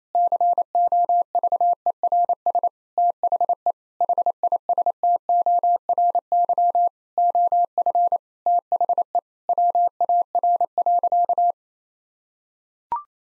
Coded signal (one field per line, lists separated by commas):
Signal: Morse code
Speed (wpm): 28 wpm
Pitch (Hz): 700 Hz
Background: none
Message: COVERS THE HISTORY OF THE WAR.